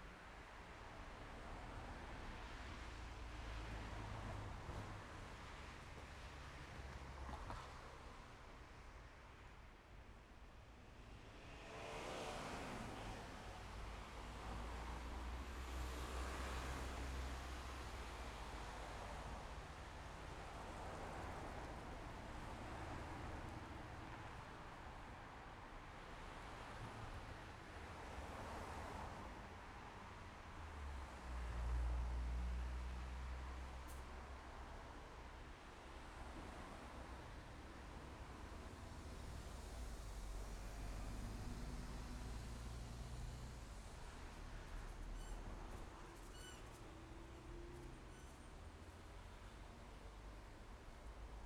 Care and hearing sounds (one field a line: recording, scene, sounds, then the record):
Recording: everyday scene through a hearing-aid microphone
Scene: in traffic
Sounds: traffic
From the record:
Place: main road on the outskirts, rush hour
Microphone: behind the ear, left, rear